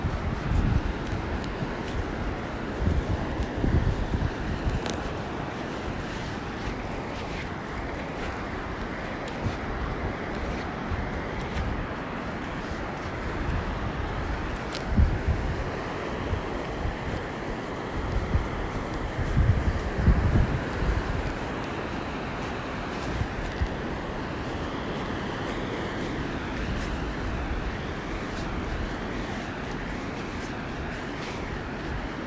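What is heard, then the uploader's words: Waves wash along a beach in a dense, steady roar that stays low and full throughout. Wind buffets the microphone with rumbling gusts, with louder surges around 3, 5, 15 and 20 seconds over the constant surf. Walking alone on the beach. The air was nice and crisp. The sound of waves.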